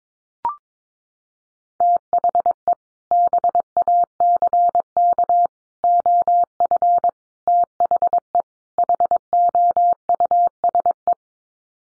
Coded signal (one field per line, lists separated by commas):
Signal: Morse code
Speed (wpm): 22 wpm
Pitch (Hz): 700 Hz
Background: none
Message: THE BACK OF THE HOUSE